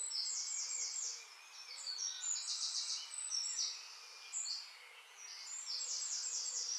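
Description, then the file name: Eurasian wren song, high thin trills and sharp notes over a steady hiss of background noise. "Troglodytes troglodytes"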